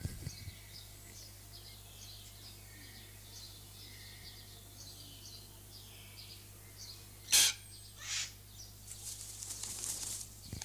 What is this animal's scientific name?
Calyptorhynchus banksii